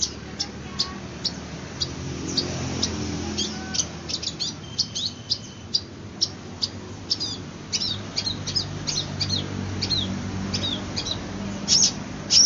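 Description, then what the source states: Long-tailed shrike song: a rapid, uneven series of sharp, high chirps and clicks, some in quick doublets, over a steady low background hum. Song style named 'kombinasi' (combination).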